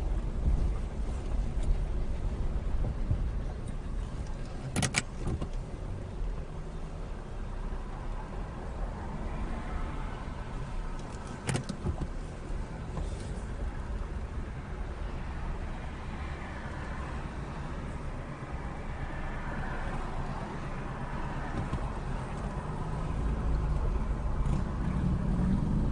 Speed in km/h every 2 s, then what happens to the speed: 8, 6, 0, 0, 0, 0, 0, 3, 2, 0, 0, 5, 13.
0-4 slows to 0. 4-20 standing. 20-26 pulls away to 13.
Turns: none.